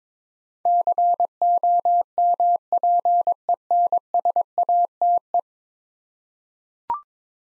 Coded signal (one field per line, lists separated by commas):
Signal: Morse code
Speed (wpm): 21 wpm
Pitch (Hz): 700 Hz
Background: none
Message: COMPENSATE